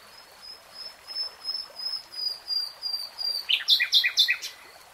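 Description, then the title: Nightingale singing a slow series of pure whistles that swell in loudness, breaking into several loud, sharp chopped notes. "[Tiếng chim hót] 3 Hours REALTIME Nightingale Singing"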